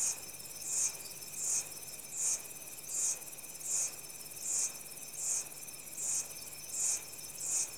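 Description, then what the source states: Insect chorus with high, sizzling bursts repeating evenly, roughly eighty a minute, layered over a continuous shrill drone and a fainter steady buzz. Insects in tropical rainforest, Central African Republic, early evening.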